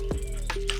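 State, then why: Seated. The latch holding the folding seat on a Honda Motocompacto compact electric scooter is closed over a steady musical background, with softer knocks near 0.1 and 0.5 seconds. A sharp click at 0.7 seconds marks the latch snapping shut, leaving the seat sturdy and seated.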